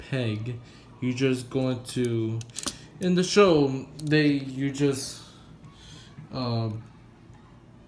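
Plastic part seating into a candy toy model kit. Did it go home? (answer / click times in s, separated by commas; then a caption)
no / none. Someone talks while handling a plastic part of a LupinKaiser Mini-Pla candy toy model kit, about to drop it down into position. Nothing has seated or clicked yet.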